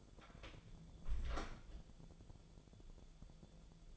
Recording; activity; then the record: daily activity, microphone in the room; close door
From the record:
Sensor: 5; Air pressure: 1015.3 hPa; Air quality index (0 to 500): 219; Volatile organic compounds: 12 ppm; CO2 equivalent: 2379 ppm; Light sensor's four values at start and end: 35/80/32/31 and 35/80/32/31